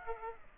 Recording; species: mosquito wingbeat signal from an infrared sensor; Aedes aegypti